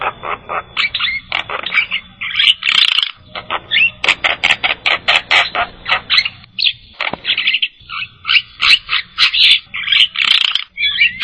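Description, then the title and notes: Starling chattering song, fast grating notes interspersed with rasping squawks and short whistles, continuing steadily throughout. "suara burung jalak"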